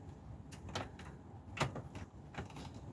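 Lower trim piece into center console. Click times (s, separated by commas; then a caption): 1.6 s. A lower trim piece is pressed into the center console of a classic Mercedes W124 300E, with soft handling clicks and rustling around it. A sharp plastic snap at 1.6 s marks the trim piece popping into place, fully seated.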